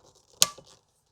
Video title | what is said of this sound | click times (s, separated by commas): Charging Outlet & Breaker Torque Testing | all right so there it clicks | 0.4 s